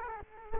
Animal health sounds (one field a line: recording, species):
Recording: mosquito wingbeat signal from an infrared sensor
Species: Culex quinquefasciatus